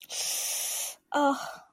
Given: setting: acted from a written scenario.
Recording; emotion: vocal sound without words; pain